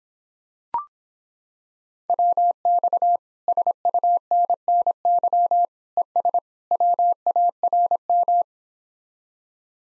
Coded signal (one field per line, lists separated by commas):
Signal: Morse code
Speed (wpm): 26 wpm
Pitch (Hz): 700 Hz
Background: none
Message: WX SUNNY ES WARM